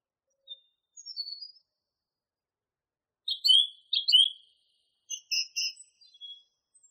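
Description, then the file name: Song thrush song: short high whistled and squeaky phrases separated by pauses, with a sharp repeated note near the end; no other sounds. Masteran recording used for training songbirds. "suara masteran songthrush"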